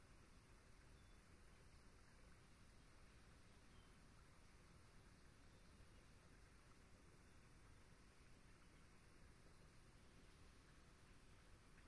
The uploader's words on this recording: Long Swamp, Dusk. The air was still as I sat down to record; the temperature a chill 60ºF/ 15.5ºC, and the moon was expected to be full.